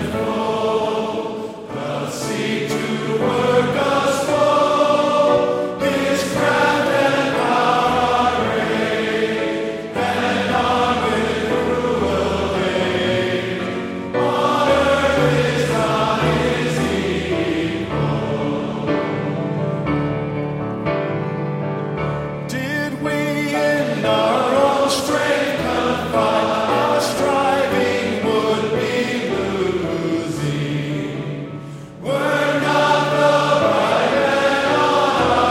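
A huge crowd of men sings together in long, sustained phrases, the mass of voices thick and full from deep lows to bright overtones. The singing stays loud throughout, with brief breaths or phrase breaks roughly every four to eight seconds.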